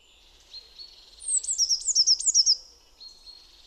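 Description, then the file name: Eurasian blue tit call: a fast burst of high, sharp, descending notes repeated several times in just over a second, framed by thin steady tones. "Cyanistes caeruleus"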